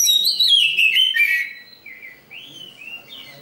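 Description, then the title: Oriental magpie-robin song: a loud, descending run of bright twittering notes, then a few softer, drawn-out whistles rising and falling. Champion kacer in full, chattering (gacor) song, used as a tutor recording for bird training. "Kacer Juara Gacor"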